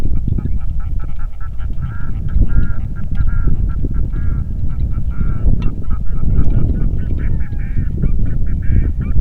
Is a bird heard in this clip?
yes